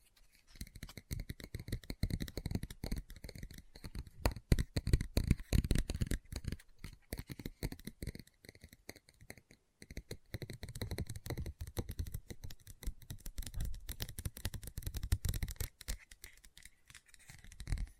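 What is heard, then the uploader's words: Fingertips tap and scratch a book in dense, rapid bursts throughout, with soft low thuds and brief pauses near seconds 9 and 10. Book Tapping, Scratching, Page Turning.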